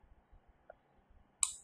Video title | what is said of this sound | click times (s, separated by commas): Why I Cut Up a Brand-New Wiring Loom! - Classic Mini Restoration | Nice click. Nice firm hold. Nothing's coming loose. | 1.4 s